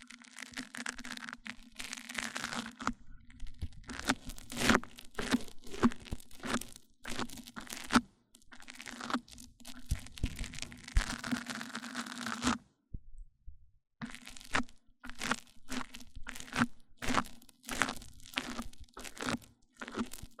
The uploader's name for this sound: MIC ON MIC Triggers Richer Sounds